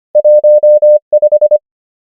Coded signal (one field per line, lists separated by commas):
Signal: Morse code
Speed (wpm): 25 wpm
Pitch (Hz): 600 Hz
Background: none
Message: 1 5